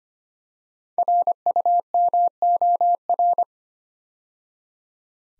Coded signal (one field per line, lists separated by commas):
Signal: Morse code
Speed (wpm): 25 wpm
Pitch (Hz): 700 Hz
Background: none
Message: RUMOR